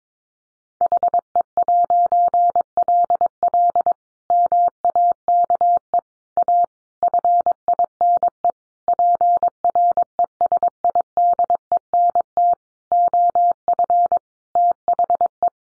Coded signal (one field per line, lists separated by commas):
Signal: Morse code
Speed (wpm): 22 wpm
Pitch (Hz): 700 Hz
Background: none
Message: HE'LL MAKE A FINE PRESIDENT OF THE